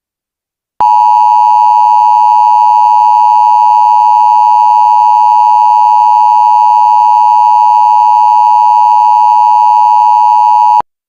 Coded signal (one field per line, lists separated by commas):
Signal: Emergency Alert System (SAME) tones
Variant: 853 and 960 Hz attention tone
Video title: EAS Scenario #5: The Fog Is Coming... [Remastered]